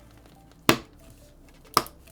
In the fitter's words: You should hear 2 clicks.